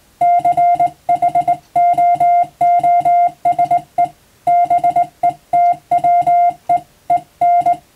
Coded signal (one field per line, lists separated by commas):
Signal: Morse code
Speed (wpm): 20 wpm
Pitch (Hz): 700 Hz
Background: music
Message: CHOOSE BETWEEN